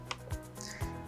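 The female end of an adapter power cord is pushed onto the prongs of a Stair Pro vacuum's mini head, with a sharp click at 0.1 s followed by two low thuds around 0.3 s and 0.8 s. The plug does not go on all the way but still makes power contact.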